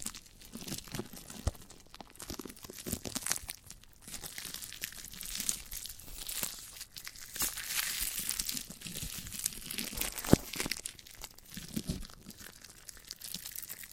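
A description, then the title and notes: Sticky chewing and squishing of a giant gummy bear, with dense irregular crinkles and crunchy tearing bursts recurring throughout, brightest around eight seconds. ASMR of a Giant Gummy Bear (No Talking).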